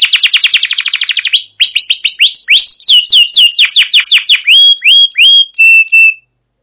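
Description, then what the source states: Canary song starting with a fast rolling trill, then slower repeated swooping notes ending in clear steady whistles. Canary song used as a prompting song to stimulate other canaries; long rolling trills with 'cuit cuit' notes.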